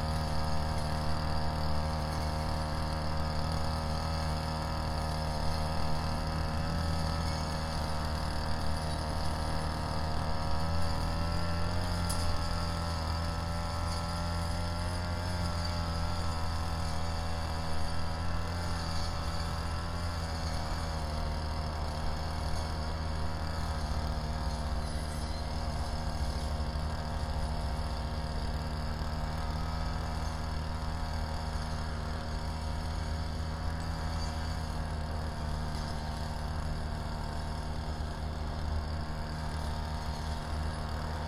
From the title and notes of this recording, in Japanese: 草刈機でひたすら草刈り。少し日のかげりはじめる15時すぎから草刈機で草刈り。サツマイモの畝の間を行ったり来たりしながら、ツルを切らないよううに慎重に刈っていきます。農村の機械音の風景です。